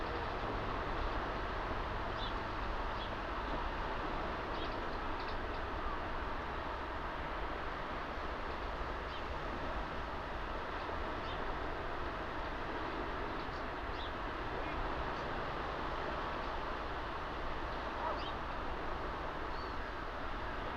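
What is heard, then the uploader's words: At Nothe Fort on the Jurassic coast, a dense, unbroken rushing roar holds steady throughout, with faint brief high chirps now and then. Nothe Fort on the Jurassic coast of England.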